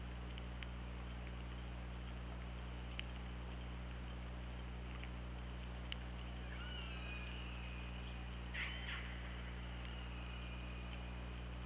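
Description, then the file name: Killer whale calls: faint tonal calls with harmonics, one drawn out and level, plus brief pulsed bursts, over constant low hum and scattered clicks. Recorded by hydrophone on 24 August 2017 at 21:22. "Orca Lab"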